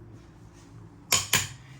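A Matco click-type torque wrench set to 120 tightens a car wheel lug nut, with only low background hum at first. Two sharp, bright clicks ring out at 1.1 s and 1.3 s as the wrench reaches its setting, confirming the lug nut is torqued.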